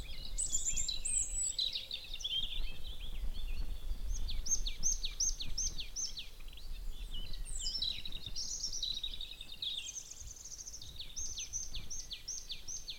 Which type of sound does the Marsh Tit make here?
call